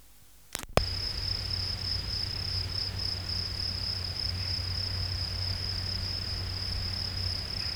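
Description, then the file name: Field cricket song, a high, steady trill beginning after two sharp clicks in the first second, continuing evenly to the end. "Gryllus campestris"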